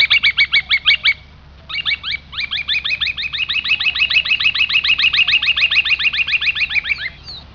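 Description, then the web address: Far Eastern curlew giving a fast, steady run of upslurred whistled notes, over three a second, briefly broken then resuming in a long bubbling series. "numenius madagascariensis"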